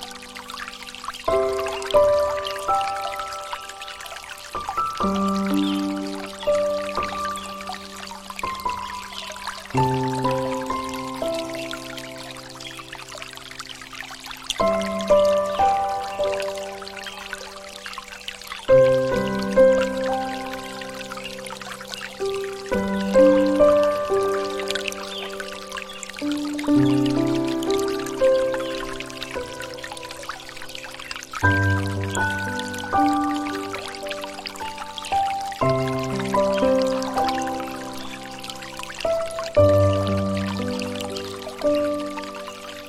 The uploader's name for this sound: Relaxing Piano Music With Water Features